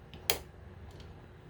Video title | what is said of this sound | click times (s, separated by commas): Shinkalion Z 500 Eva-02: Unboxing and Review | it just locks into place like that | 0.3 s